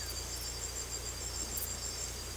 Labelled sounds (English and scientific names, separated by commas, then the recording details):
none
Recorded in secondary vegetation near Puerto Asís, Putumayo, Colombia, on 16 December 2024 at 01:00
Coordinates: 0.468, -76.324
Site G095